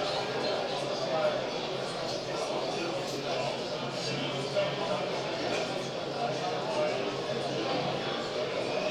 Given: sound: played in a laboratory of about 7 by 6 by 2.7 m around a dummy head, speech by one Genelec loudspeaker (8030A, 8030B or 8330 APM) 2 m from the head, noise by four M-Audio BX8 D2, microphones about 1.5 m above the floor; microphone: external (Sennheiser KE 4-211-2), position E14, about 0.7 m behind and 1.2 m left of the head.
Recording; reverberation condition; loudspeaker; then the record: cafeteria noise; medium; four, about 170 cm from the corners of the room and facing them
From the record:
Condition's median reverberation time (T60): about 510 ms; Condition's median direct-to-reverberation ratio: about -0.5 dB